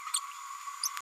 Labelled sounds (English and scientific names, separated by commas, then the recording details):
Green-rumped Parrotlet (Forpus passerinus) babbling
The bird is a female
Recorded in a nest box in Venezuela
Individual 17B102A5